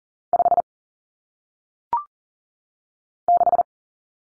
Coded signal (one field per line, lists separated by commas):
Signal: Morse code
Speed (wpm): 40 wpm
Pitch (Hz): 700 Hz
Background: none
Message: 5 6